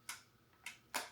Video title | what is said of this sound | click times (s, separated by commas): What's in my Camera Bag - 2026 Everyday Carry Edition | clicks into place, and now you have a bounce flash. | 0.1 s, 0.7 s, 1.0 s